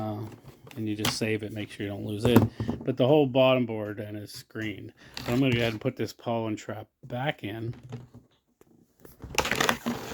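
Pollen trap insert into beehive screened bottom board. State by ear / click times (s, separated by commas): seated / 9.4 s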